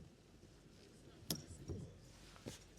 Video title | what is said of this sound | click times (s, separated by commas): Swift Challenger 530 SE 2016 handover video from Wiltshire Caravans | you'll hear a click | 1.3 s